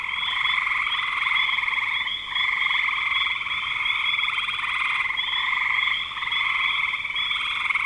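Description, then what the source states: Frogs trilling together, a thick unbroken wall of pulsed calls with small lulls near two and six seconds. Frogs recorded in spring 2025.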